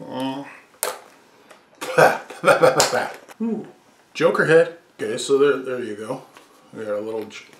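A removable plastic Joker head is handled right after unboxing, about to go back onto the action figure's neck peg. Someone talks throughout, with a sharp tap at about 0.8 s and faint handling noises. Nothing has seated or clicked yet.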